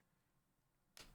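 A plastic piece of a buildable figure, the sword or arm assembly, is pushed into its socket on the figure. After a quiet stretch, a single sharp click sounds at 0.97 s as the piece snaps into place and is seated.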